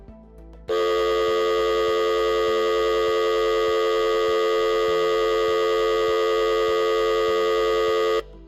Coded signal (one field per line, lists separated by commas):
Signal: telephone call progress tone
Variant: North America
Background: music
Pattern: dial tone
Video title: Troubleshooting Alarm Panel Communication Failures with a Starlink Radio